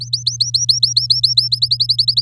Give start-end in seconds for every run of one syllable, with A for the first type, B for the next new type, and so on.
0.00-1.48 A, 1.51-2.21 B